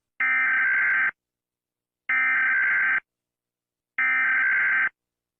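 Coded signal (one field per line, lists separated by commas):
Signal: Emergency Alert System (SAME) tones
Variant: header bursts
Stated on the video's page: Part of a simulated EAS scenario.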